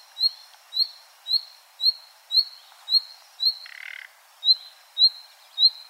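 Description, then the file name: Common nightingale uttering a regular series of thin upward-sweeping whistles, with a single hoarse rasping note midway. "Luscinia megarhynchos"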